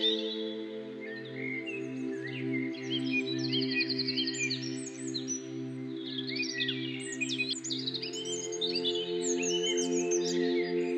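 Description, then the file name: Twittering birdsong of varied quick notes and a short buzzy trill, with constant low electronic tones beneath. Birdsong used as an alarm-clock tone. "weckton vogelgezwitscher"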